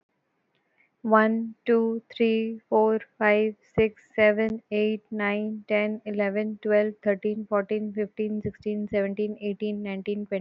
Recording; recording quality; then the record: counting at a normal pace; excellent, no background noise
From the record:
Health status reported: healthy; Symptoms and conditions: none ticked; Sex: female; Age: 23 years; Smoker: not ticked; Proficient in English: yes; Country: India